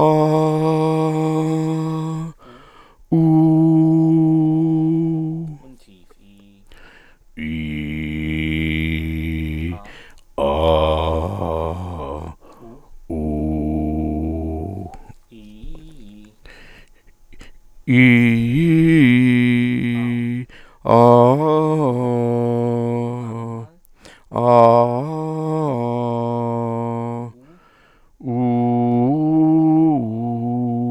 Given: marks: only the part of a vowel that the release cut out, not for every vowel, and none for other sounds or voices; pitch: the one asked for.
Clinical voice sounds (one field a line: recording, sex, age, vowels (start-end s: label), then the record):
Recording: sustained vowels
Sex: male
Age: 50 to 59 years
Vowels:
0.28-2.13 s: vowel /a/, high pitch
3.32-5.31 s: vowel /u/, high pitch
7.67-9.63 s: vowel /i/, low pitch
10.50-12.12 s: vowel /a/, low pitch
13.17-14.60 s: vowel /u/, low pitch
17.96-19.81 s: vowel /i/, low-high-low pitch
24.66-26.48 s: vowel /a/, low-high-low pitch
28.70-30.65 s: vowel /u/, low-high-low pitch
From the record:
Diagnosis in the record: psychogenic dysphonia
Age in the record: 59 years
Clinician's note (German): Funktionelle